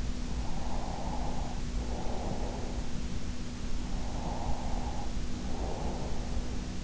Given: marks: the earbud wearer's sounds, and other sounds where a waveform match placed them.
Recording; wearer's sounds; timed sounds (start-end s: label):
sounds in sleep by an in-ear microphone; breath
0.37-2.88 s: breath
3.88-6.41 s: breath